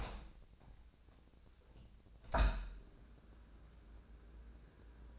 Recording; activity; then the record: daily activity, microphone in the room; open window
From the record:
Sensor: 2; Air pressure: 1012.2 hPa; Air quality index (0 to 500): 131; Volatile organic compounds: 1 ppm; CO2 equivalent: 966 ppm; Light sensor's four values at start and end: 177/426/179/187 and 178/428/180/189